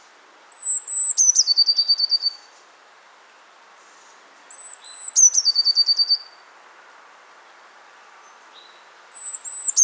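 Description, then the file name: Eurasian blue tit singing a high, piercing whistle that breaks into a quick rattling trill. The phrase comes roughly every four seconds, with a third one starting at the end. "Cyanistes caeruleus"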